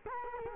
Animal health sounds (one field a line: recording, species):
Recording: mosquito wingbeat signal from an infrared sensor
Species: Culex quinquefasciatus